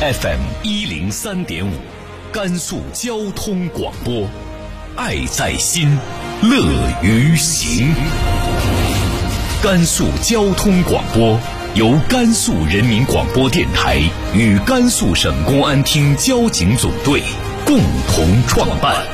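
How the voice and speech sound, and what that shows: A male announcer speaks Mandarin in a clear, steady, polished broadcast voice, giving a station identification for Gansu Traffic Radio FM 103.5 with drawn-out phrase endings over a music bed. Voice quality, rate and articulation are ordinary and fluent.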